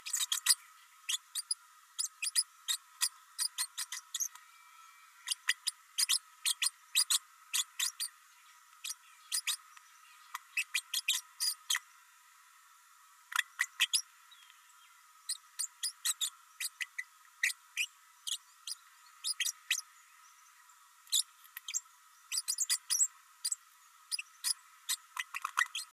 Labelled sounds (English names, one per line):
Green-rumped Parrotlet babbling